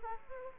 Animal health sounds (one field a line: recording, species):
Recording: mosquito wingbeat signal from an infrared sensor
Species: Aedes aegypti